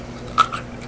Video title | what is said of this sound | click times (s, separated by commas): Sl94 Maintenance video | just kind of wiggle it in and then you're going to hear clicking like that | 0.4 s, 0.5 s